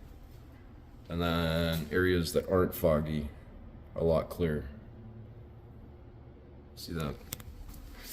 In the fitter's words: It's not latching either.